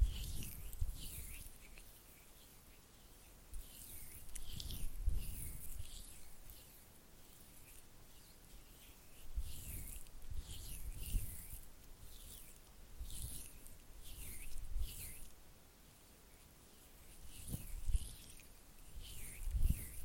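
Oily hands and fluttering fingers make soft, wet, slippery sounds in irregular bursts, with clusters of quick crackling flicks around 0–2, 4–6, 9–11, 13–15 and 17–20 seconds. Each burst mixes bright hissy squelches with low thumps, separated by quieter stretches.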